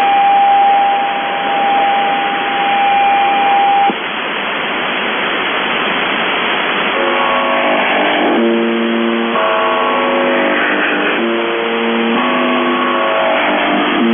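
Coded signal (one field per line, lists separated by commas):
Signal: channel marker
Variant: UVB-76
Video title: The Buzzer/UVB-76(4625Khz) August 26, 2021 Voice messages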